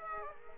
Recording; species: mosquito wingbeat signal from an infrared sensor; Aedes aegypti